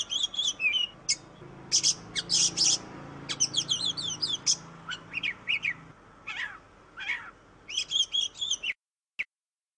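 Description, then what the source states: Oriental magpie-robin singing a varied song of sharp chirps, rapid trills and short whistled phrases in bursts, ending briefly in silence. Master song used to train songbirds.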